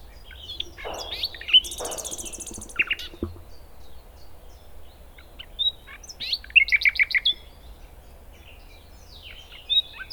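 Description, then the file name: Common nightingale song in scattered bursts: high whistles, buzzy trills and rapid repeated notes between pauses, with a low steady hum underneath. "Luscinia megarhynchos"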